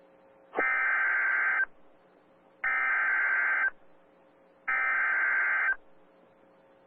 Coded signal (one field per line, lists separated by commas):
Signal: Emergency Alert System (SAME) tones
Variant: header bursts